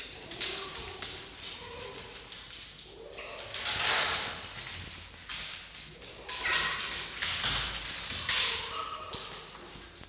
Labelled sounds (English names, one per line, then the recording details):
Red Fox
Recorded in captivity
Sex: pair
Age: adult
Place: Zoologisches Institut der HUB, Berlin, DE
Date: 1953-03-03 18:55
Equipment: Elmetra
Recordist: Tembrock, Günter